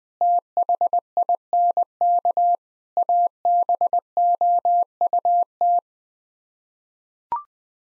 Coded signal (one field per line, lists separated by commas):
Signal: Morse code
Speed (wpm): 20 wpm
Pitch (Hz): 700 Hz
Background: none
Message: THINK ABOUT